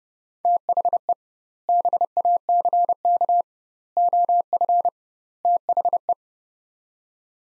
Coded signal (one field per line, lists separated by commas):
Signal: Morse code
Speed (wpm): 30 wpm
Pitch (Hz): 700 Hz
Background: none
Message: THE BACK OF THE